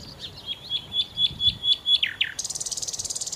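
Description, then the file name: Common nightingale song: a steady row of about eight whistled notes, then a couple of downslurred notes, ending in a fast, buzzy high rattle. "Nachtigall"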